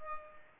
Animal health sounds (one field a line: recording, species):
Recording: mosquito wingbeat signal from an infrared sensor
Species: Culex pipiens